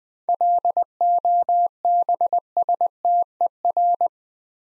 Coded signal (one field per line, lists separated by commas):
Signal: Morse code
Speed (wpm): 21 wpm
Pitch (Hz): 700 Hz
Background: none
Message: LOBSTER